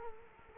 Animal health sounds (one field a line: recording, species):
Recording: mosquito wingbeat signal from an infrared sensor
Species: Culex quinquefasciatus